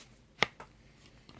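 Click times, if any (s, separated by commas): 0.4 s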